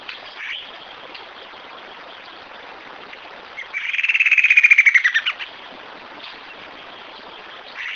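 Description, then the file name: Bird song: a fast trill of repeated notes that descends steadily and stops after about a second and a half, with quieter notes and steady background hiss around it. "SABIOD 50 bird 2015"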